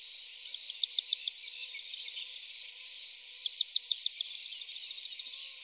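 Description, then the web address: Common sandpiper giving two bursts of fast, high, piping notes, each starting loud and ringing, then trailing into a softer twittering trill. "Faglar Sound Drillsnappa"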